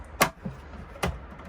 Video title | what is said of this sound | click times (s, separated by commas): The Shed's Compact Dust Extraction System | Now how this works is it's on a set of locking drawer slides, so you unclip them | 0.2 s, 1.0 s